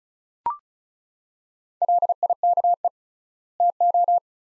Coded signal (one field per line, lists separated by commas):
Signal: Morse code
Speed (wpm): 36 wpm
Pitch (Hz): 700 Hz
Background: none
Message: LIKE TO